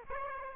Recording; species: mosquito wingbeat signal from an infrared sensor; Aedes aegypti